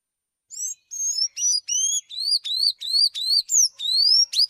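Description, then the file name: Sayaca tanager singing a hurried series of high squeaky notes, each a short rising or falling slur, about three per second, starting after a brief silence. "sanhaco azul"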